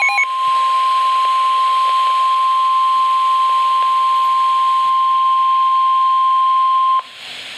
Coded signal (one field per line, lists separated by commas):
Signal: Emergency Alert System (SAME) tones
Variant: 1050 Hz attention tone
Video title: Severe Thunderstorm Warning #2 (EAS #55) (6/23/13)